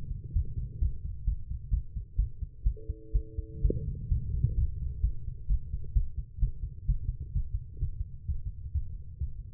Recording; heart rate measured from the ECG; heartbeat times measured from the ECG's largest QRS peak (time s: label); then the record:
heart sounds by stethoscope; 129 bpm
0.33 s: heartbeat
0.79 s: heartbeat
1.25 s: heartbeat
1.70 s: heartbeat
2.16 s: heartbeat
2.64 s: heartbeat
3.12 s: heartbeat
3.62 s: heartbeat
4.09 s: heartbeat
4.55 s: heartbeat
5.01 s: heartbeat
5.47 s: heartbeat
5.93 s: heartbeat
6.39 s: heartbeat
6.86 s: heartbeat
7.32 s: heartbeat
7.78 s: heartbeat
8.25 s: heartbeat
8.71 s: heartbeat
9.17 s: heartbeat
From the record:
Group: healthy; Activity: rest 0-1 s, Valsalva maneuver 1-10 s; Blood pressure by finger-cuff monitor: 131/85 mmHg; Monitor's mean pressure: 99 mmHg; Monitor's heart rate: 128 bpm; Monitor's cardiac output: 9.6 L/min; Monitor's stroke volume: 74 mL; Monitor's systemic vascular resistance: 760 dyn s/cm5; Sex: female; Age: 19 years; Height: 163 cm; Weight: 51 kg